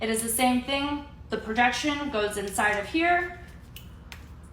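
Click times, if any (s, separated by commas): 4.1 s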